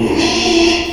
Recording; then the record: squeal of a Yucatan mini pig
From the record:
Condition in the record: after surgery on the right vocal fold (resection and tissue-engineered implant); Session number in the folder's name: 2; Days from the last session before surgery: 13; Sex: male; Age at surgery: 12 weeks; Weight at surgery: 13 kg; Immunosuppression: cyclosporine, prednisolone